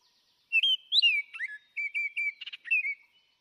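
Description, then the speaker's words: Baltimore Oriole singing a clear, whistled phrase of slurred rising and falling notes, with a brief buzzy chatter near the end, in quiet surroundings. Maryland's state bird since 1882; played as an example. "And in case you're curious, Brig, this is what a Baltimore Oriole sounds like."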